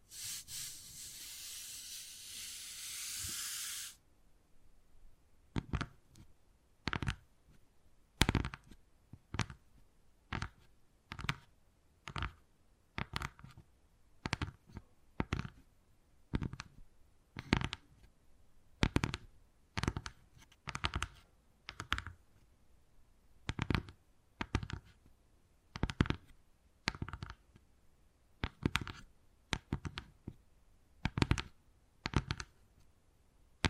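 Wood carving opens with about four seconds of steady, bright scratching. After a short pause comes a long series of sharp, separate taps, roughly one or two per second, each crisp and fairly even in strength, continuing to the end with quiet gaps between them.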